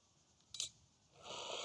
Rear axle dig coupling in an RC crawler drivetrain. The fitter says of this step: see dig should be engaged there it goes it clicked in